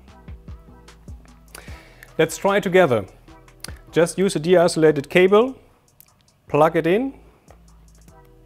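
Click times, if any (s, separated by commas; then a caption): none. A stripped solar cable is being handled at a crimp-free plug-in PV connector while someone talks over background music, with small handling taps and rustles between the phrases. Nothing has seated or clicked into the connector yet.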